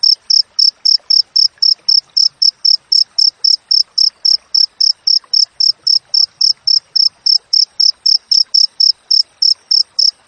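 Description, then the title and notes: High, ringing cricket chirps follow one another in an unbroken, regular stream, nearly four per second for the whole stretch. Clear natural cricket recording with closely spaced chirps, intended as master audio for training songbirds and for driving away rats. "Masteran Jangkrik Alam Jernih, Jeda Rapat Cocok Untuk Masteran Burung Dan Mengusir Tikus. suara jangkrik"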